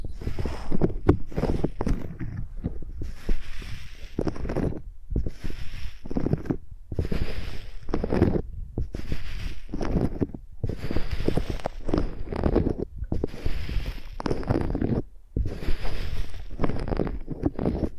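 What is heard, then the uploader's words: Microphones are rubbed and dragged like pencils, making dense scratchy strokes with a deep rumbly thump underneath. The strokes come in quick bursts about once a second, separated by brief silences, and keep a steady rhythm throughout. No voice is heard. ASMR Using Mics as Pencils (No Talking).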